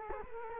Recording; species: mosquito wingbeat signal from an infrared sensor; Culex quinquefasciatus